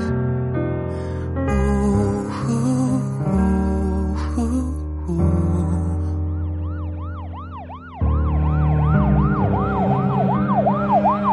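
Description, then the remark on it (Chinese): An ambulance siren wails in quick, repeated rising-and-falling sweeps, coming in partway through over a steady bed of music and growing louder toward the end. “后面的救护车上有医护工作人员下来”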